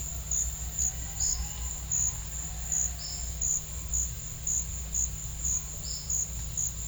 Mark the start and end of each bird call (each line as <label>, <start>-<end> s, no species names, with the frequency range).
bird call (4.0-5.3 kHz), 1.20-1.55 s
bird call (4.0-5.4 kHz), 3.00-3.36 s
bird call (3.3-5.8 kHz), 5.84-6.22 s